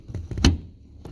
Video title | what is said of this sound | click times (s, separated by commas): Ford F150 Raptor "BuiltRight Industries" Must Have Modifications/Accessories (Minute Maintenance) | and you hear that click that means the rear is released | 0.4 s